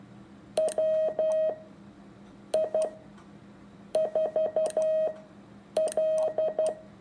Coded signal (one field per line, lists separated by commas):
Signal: Morse code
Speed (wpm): 12 wpm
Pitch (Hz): 630 Hz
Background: none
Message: WI4L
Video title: Morse code practice first simulated on the air transmission.